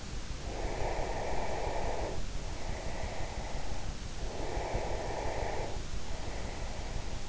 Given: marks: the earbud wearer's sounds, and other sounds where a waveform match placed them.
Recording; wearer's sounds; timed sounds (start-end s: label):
sounds in sleep by an in-ear microphone; breath
0.33-3.92 s: breath
4.16-7.29 s: breath